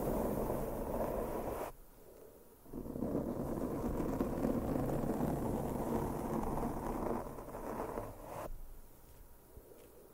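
Rough, dense mic brushing scrapes continuously, pausing abruptly near two seconds, then easing and growing softer and thinner after about eight seconds.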